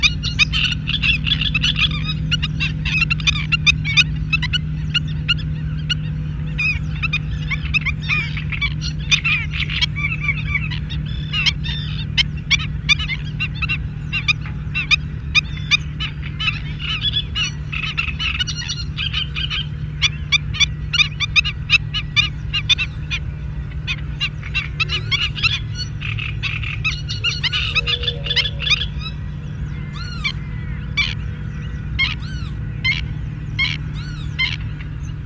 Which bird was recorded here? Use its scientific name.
Himantopus himantopus